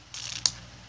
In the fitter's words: almost revved it up now you have to rub it up till you hear that click